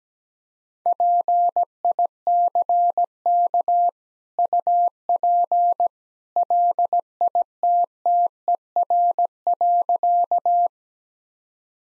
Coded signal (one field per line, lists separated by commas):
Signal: Morse code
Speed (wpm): 17 wpm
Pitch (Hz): 700 Hz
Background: none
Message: PICK UP LITTER.